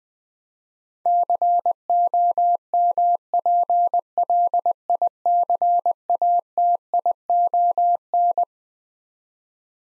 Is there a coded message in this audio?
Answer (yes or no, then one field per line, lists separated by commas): yes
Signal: Morse code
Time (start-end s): 1.1-8.4 s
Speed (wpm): 20 wpm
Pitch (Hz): 700 Hz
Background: none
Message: COMPLICATION